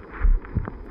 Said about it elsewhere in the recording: The earplugs are a worry. Once the outside world goes quiet, the inner world of your body creeps in to take its place. You can hear your heart beating.